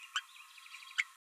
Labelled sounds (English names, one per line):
Green-rumped Parrotlet babbling